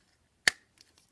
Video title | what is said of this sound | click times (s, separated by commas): Mega Man (Rock Man) Nendoroid 556: Unboxing and Review with GoodSmile Bonus | he snaps right in. | 0.5 s